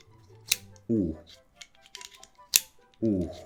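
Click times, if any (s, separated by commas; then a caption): 0.5 s. A camera's metal quick-release plate is pushed into the spring-loaded locking mechanism of a Peak Design Capture Pro belt/strap camera clip and snaps into place with a sharp click at 0.5 s, and another equally sharp click follows at about 2.6 s. Between and after the clicks someone talks, with a few faint clicks and taps around 1.6 to 2.2 s. The plate is seated in the clip.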